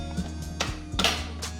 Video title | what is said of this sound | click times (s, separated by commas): Juicing Basics: How to Start Making Fresh Juice at Home with the Nama J2 | You hear it click, and we have successfully assembled our Nama J2 juicer. | 0.6 s, 1.0 s